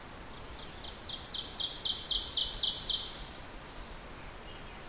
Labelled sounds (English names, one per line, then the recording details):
Ovenbird song
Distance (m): 30 m
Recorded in boreal forest in Alberta, Canada, on 14 June 2016 at 06:01
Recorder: SongMeter 3, array SBT-3-33
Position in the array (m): 110 m, 18 m
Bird 21